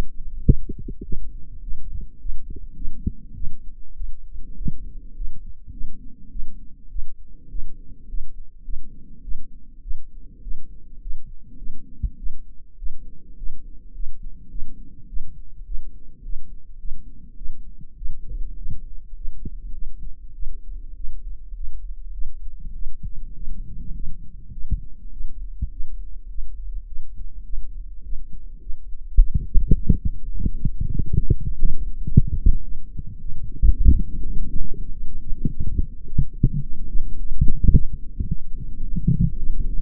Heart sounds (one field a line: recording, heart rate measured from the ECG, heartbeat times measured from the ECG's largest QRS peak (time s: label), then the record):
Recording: heart sounds by microphone in the right ear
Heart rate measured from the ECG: 103 bpm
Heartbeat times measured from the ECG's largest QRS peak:
0.46 s: heartbeat
1.05 s: heartbeat
1.63 s: heartbeat
2.21 s: heartbeat
2.76 s: heartbeat
3.36 s: heartbeat
3.96 s: heartbeat
4.57 s: heartbeat
5.16 s: heartbeat
5.72 s: heartbeat
6.31 s: heartbeat
6.91 s: heartbeat
7.50 s: heartbeat
8.09 s: heartbeat
8.64 s: heartbeat
9.23 s: heartbeat
9.83 s: heartbeat
10.43 s: heartbeat
11.01 s: heartbeat
11.58 s: heartbeat
12.18 s: heartbeat
12.78 s: heartbeat
13.38 s: heartbeat
13.94 s: heartbeat
14.50 s: heartbeat
15.08 s: heartbeat
15.66 s: heartbeat
16.24 s: heartbeat
16.79 s: heartbeat
17.37 s: heartbeat
17.97 s: heartbeat
18.57 s: heartbeat
19.16 s: heartbeat
19.74 s: heartbeat
20.35 s: heartbeat
20.96 s: heartbeat
21.55 s: heartbeat
22.13 s: heartbeat
22.74 s: heartbeat
23.35 s: heartbeat
23.95 s: heartbeat
24.52 s: heartbeat
25.12 s: heartbeat
25.72 s: heartbeat
26.30 s: heartbeat
26.87 s: heartbeat
27.45 s: heartbeat
28.04 s: heartbeat
28.61 s: heartbeat
29.18 s: heartbeat
29.75 s: heartbeat
30.33 s: heartbeat
30.89 s: heartbeat
31.46 s: heartbeat
32.04 s: heartbeat
32.63 s: heartbeat
33.20 s: heartbeat
33.77 s: heartbeat
34.35 s: heartbeat
34.93 s: heartbeat
35.51 s: heartbeat
36.07 s: heartbeat
36.63 s: heartbeat
37.19 s: heartbeat
37.74 s: heartbeat
38.29 s: heartbeat
38.83 s: heartbeat
39.39 s: heartbeat
From the record:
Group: healthy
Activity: rest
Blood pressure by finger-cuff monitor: 126/81 mmHg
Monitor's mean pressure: 92 mmHg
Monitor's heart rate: 103 bpm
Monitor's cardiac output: 7.8 L/min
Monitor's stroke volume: 75 mL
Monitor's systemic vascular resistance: 880 dyn s/cm5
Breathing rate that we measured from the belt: 23 breaths a minute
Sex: female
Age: 22 years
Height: 163 cm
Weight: 67.1 kg